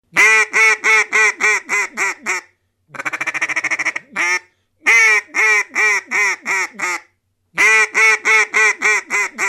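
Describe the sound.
Duck uttering steady series of loud nasal quacks, interrupted once by a fast, buzzy rattling run, then more quack sequences after brief pauses.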